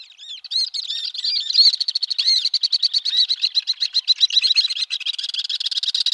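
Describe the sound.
Alpine swifts calling together, shrill chirps blending into overlapping rapid trills that run throughout.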